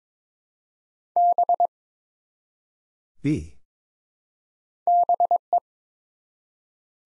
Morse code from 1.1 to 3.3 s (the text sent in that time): B